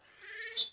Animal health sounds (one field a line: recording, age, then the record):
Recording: pig call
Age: piglet (1 to 25 days)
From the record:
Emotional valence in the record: negative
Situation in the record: long isolation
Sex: male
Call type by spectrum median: high-frequency call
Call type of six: mixed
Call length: 0.73 s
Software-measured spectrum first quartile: 3357 Hz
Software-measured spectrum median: 4515 Hz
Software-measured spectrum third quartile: 7043 Hz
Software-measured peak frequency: 6967 Hz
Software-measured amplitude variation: 163 dB a second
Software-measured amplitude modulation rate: 21.2 a second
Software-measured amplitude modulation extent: 7.7 dB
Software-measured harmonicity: 8.6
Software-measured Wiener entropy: -2.00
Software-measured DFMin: 1067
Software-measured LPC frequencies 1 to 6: 1795, 2215, 3517, 3825, 4897, 5990 Hz